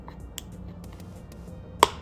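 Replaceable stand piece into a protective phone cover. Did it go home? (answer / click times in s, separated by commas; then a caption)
yes / 1.8 s. A replaceable gray plastic stand piece for an official Samsung Galaxy S22+ protective phone cover is turned the right way and pushed into its slot on the cover. A few faint taps and ticks come first, then one sharp, bright click at 1.8 s as the piece seats in place.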